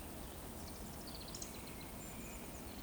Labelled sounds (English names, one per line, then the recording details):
Eurasian Woodcock whistle
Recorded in Baden-Württemberg, Germany, on 23 June 2020 at 20:02 UTC
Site 14569, 102 m above sea level